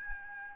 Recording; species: mosquito wingbeat signal from an infrared sensor; Aedes albopictus